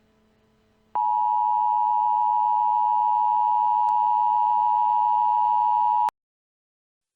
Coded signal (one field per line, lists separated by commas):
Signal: Emergency Alert System (SAME) tones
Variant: 853 and 960 Hz attention tone